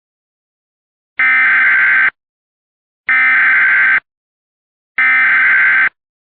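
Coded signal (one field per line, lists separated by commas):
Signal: Emergency Alert System (SAME) tones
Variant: header bursts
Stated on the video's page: Fake mock alert using valid EAS tones.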